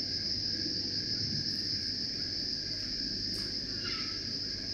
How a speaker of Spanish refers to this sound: No todos los insectos estridulan al mismo tiempo. En esto se parecen mucho a las ranas y a los sapos, que no tienen eso de que no se amontonan. Fíjense que van como compasados.